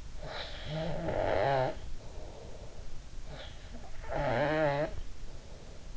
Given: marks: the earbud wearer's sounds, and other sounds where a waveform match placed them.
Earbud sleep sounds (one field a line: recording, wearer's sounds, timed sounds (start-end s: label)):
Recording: sounds in sleep by an in-ear microphone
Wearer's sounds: snoring breath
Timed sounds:
0.23-2.83 s: snoring breath
3.22-3.90 s: sound from someone else or the room
4.06-5.92 s: snoring breath